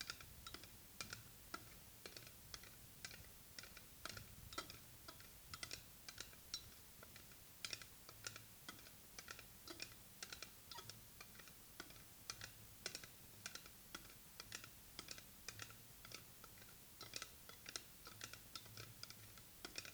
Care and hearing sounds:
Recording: daily activity, guitar pickup as the sensor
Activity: fry

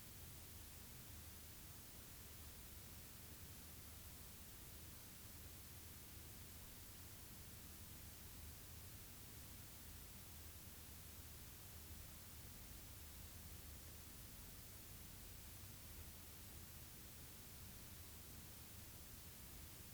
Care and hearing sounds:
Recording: daily activity, guitar pickup as the sensor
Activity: stand

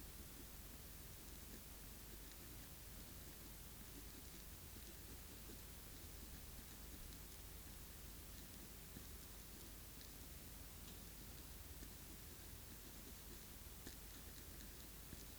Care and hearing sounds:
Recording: daily activity, guitar pickup as the sensor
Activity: write

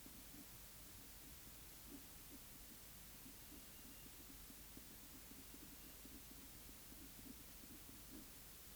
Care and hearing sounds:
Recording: daily activity, guitar pickup as the sensor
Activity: write

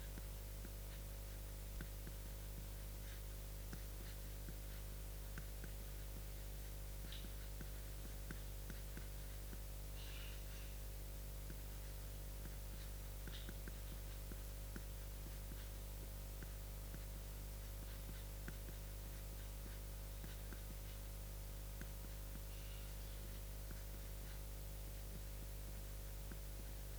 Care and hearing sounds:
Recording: daily activity, guitar pickup as the sensor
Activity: write

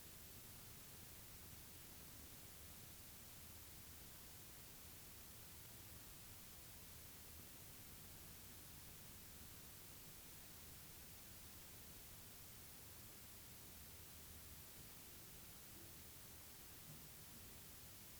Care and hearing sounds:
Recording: daily activity, guitar pickup as the sensor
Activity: lie down

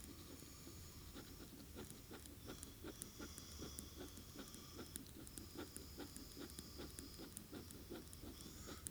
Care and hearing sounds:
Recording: daily activity, guitar pickup as the sensor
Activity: write

